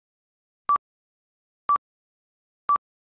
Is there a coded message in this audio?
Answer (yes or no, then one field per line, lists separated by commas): no